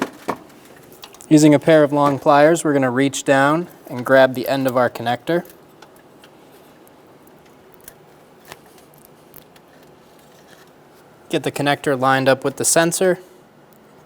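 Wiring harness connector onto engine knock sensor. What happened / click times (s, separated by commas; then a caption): Connector handled with pliers, not yet seated / none. On a 2003–2008 Honda Pilot, long pliers reach down to grab the brittle plastic wiring harness connector and line it up with the engine knock sensor while someone talks, with faint scattered ticks and handling noises between the speech. The connector has not seated or clicked yet.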